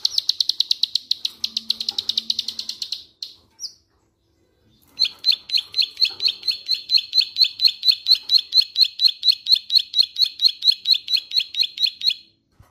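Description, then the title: Bird song opening with a rapid buzzy trill, a brief silence, then a steady run of sharp, high repeated chirps. "Kicau Burung"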